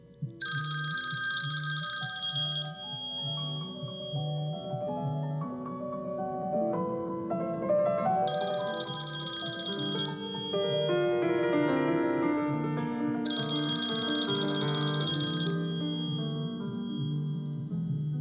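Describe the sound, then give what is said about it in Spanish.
An old-style telephone bell rings in a house on Calle Obligado, a call from the presidency of the nation, in three long, shrill bursts separated by pauses, sounding over a steady bed of background music. “Un día en la casa de la calle Obligado sonó el teléfono.”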